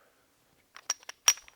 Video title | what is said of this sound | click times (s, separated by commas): Maximum Motorsports Rear Coil over installation on a 1993 Fox Body Mustang Coupe | work it around a little bit by little bit and that will snap right in just like so | 1.3 s